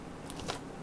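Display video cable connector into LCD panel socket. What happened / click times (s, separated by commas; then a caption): The small connector is being handled and has not yet seated / none. A display video cable connector is handled at the socket on the back of a new LCD panel during a screen replacement on a Sony VAIO SVE14118FXW laptop. Quiet handling noise is heard, with faint ticks near 0.3 s and a brief sharp tick at 0.5 s. Nothing has seated or clicked yet.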